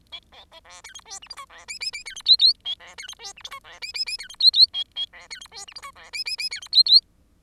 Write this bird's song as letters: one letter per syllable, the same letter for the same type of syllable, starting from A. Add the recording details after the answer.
A B C D E F G H I J D K K K E F L L A D E F G H I J D K K K E F L L A A D E F G H I J D K K K E F L L. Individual Bird10